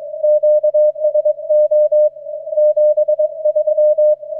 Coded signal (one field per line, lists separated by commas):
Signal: Morse code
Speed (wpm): 23 wpm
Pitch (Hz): 620 Hz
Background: none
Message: QSO 73